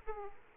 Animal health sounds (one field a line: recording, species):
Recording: mosquito wingbeat signal from an infrared sensor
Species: Aedes aegypti